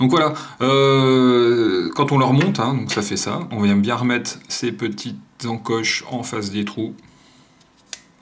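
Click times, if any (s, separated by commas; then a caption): 7.9 s. A section of an Aspire Quad-Flex modular vape kit is reassembled into its mating section, with the small notches lined up with the holes. Someone talks over the handling, then a sharp click at 7.9 s marks the part seating into place.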